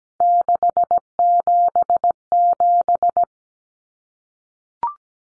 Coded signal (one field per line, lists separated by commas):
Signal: Morse code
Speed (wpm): 17 wpm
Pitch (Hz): 700 Hz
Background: none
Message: 677